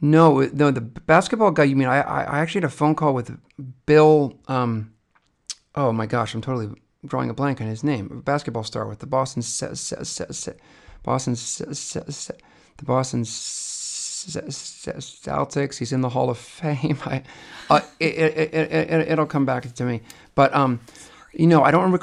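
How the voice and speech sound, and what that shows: An adult man who stutters speaks conversationally. He draws out the "s" sound on one word several times, restarting it with long pauses, and makes a rapid run of part-word repeats on "it'll." These repetitions, prolongations and blocks are typical of developmental stuttering. He has had speech therapy ranging from fluency shaping to acceptance, and has a recent ADHD diagnosis.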